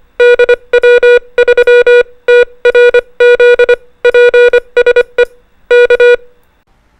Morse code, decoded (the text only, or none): DW3TRZ PSE K